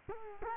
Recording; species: mosquito wingbeat signal from an infrared sensor; Culex quinquefasciatus